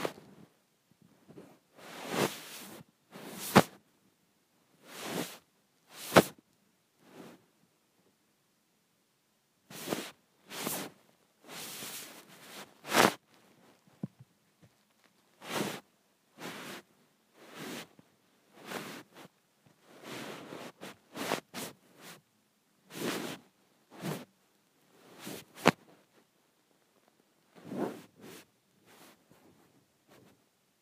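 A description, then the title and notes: A phone slides across bedsheets in short, irregular swishes, each a soft, full-range rustle lasting under a second. The strokes come in bursts with brief silences between, some sharper and brighter than others, with no other sounds behind them. ASMR Sliding my Phone on my Sheets.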